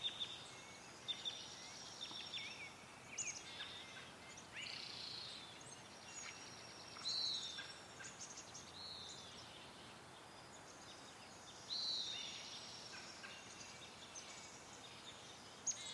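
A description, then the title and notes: Outdoors near a creek, thin high bird calls come and go over a soft steady hiss, with brighter chirps around seven and twelve seconds. This recording was made at Deep Creek, near Spokane, Washington, in Riverside State Park.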